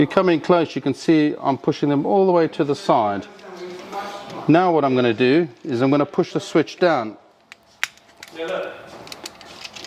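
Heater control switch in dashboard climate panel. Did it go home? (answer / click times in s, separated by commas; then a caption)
partly / 7.8 s. Someone talks while flat blades are pushed between a white heater control switch and the black plastic retaining ears of the dashboard climate panel on a Porsche 997 and 987 Boxster/Cayman Gen 1, holding the ears aside as the switch is pushed down. A small click is heard at 7.8 s, followed by quieter clicks and handling sounds. The switch gives its first click but is only almost free, not yet fully released.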